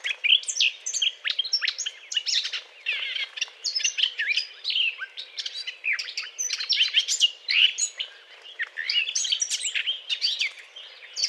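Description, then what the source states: Eurasian blackcap song, a dense, continuous warble of fast scratchy and whistled notes, high-pitched and varied, running almost without pause. Courtship song; recorded 20 April 2009.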